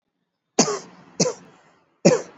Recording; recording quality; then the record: heavy voluntary cough; excellent, no background noise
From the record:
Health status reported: exposed to COVID-19, no respiratory illness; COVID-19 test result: not tested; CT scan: not taken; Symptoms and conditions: cough, cold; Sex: female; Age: 18 years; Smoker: yes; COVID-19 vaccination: both doses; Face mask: worn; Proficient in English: yes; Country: India